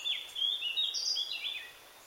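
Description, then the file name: Eurasian blackcap giving a rapid warbled phrase of varied high notes, briefly rising to a higher burst midway, then fading after under two seconds; quiet background otherwise. "Sylvia atricapilla"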